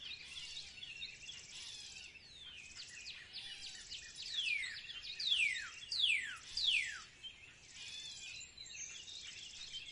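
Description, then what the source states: Bird calls: a series of sharp, descending whistled sweeps repeated in quick succession, over a faint high-pitched hiss and other chirps. Recorded in spring.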